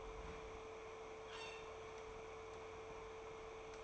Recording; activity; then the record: daily activity, microphone in the room; open fridge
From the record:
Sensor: 1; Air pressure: 1015.0 hPa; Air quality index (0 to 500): 194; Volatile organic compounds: 22 ppm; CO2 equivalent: 2743 ppm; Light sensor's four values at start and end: 31/76/32/39 and 31/76/32/39